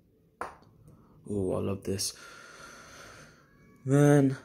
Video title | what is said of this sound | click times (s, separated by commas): Omega Seamaster (How to remove cannon pinion correct and safe way from the center wheel) | should hear the click | 0.4 s